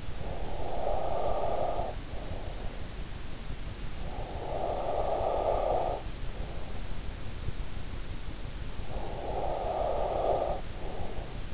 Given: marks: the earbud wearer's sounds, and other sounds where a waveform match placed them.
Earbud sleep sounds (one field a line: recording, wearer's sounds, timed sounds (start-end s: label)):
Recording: sounds in sleep by an in-ear microphone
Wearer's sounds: breath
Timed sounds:
0.00-2.90 s: breath
3.83-6.44 s: breath
8.77-11.54 s: breath